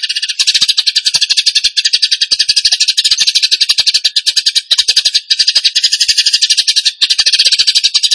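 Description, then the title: Bird song: a dense, buzzy, rapid-fire rattle of high pulses running almost without pause, with only brief gaps. Training recording (masteran) of a bird singing in the tembakan gacor style. "Masteran Burung Tembakan Gacor"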